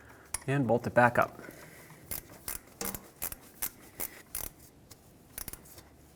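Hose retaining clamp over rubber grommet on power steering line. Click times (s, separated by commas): 0.3 s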